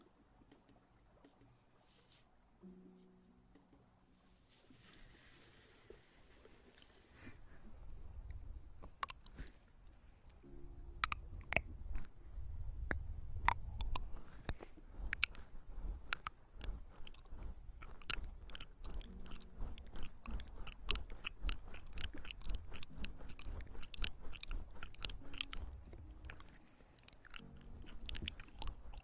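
Wet clicking and crunchy chewing-like sounds, sparse for the first few seconds with a soft rushing swish around five to seven seconds. From about seven seconds the crackly clicks turn dense and steady, over low rubbing thumps and faint murmured tones.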